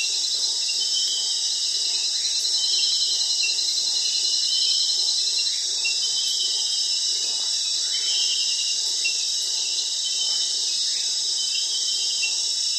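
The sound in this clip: Crickets in a dense, steady chorus of high continuous trills layered at several pitches, with faint brief upward chirps from another caller scattered throughout.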